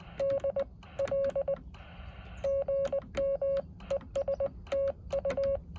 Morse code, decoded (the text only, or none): D L GM ESTU